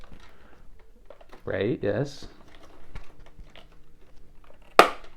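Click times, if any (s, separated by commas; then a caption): 4.8 s. A plastic doll accessory piece is clipped into its mating slot during an unboxing. Someone talks briefly and there is soft crinkling and handling noise before a sharp, loud click at 4.8 s shows that the piece has seated.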